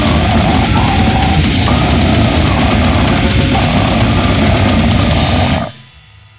Acute Respiratory Distress Syndrome.